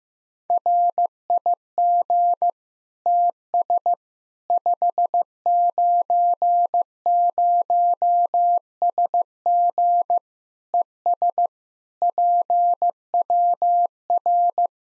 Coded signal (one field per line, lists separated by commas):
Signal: Morse code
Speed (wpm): 16 wpm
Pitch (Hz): 700 Hz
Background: none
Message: RIG TS 590SG ES PWR